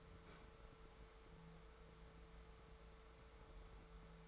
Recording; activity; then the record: daily activity, microphone in the room; open fridge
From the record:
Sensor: 3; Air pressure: 1014.9 hPa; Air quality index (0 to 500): 199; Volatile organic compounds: 28 ppm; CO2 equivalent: 2912 ppm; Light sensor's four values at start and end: 10/25/10/10 and 10/25/10/10